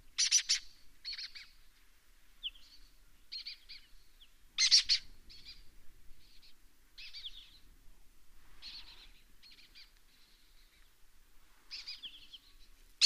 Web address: sound Lesser-kestrel. صدای-پرنده-دلیجه-کوچک